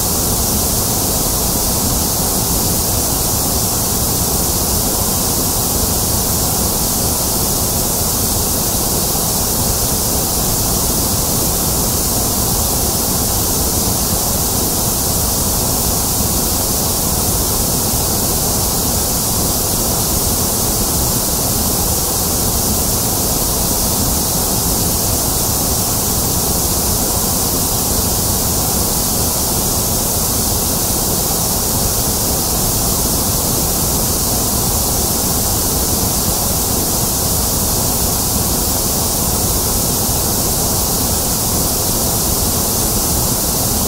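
White noise plays as a constant, even hiss with no breaks or changes over the full length. The sound is dense and bright, spread from low rumble up to a sharp top edge, with a steady level throughout and no other sounds present.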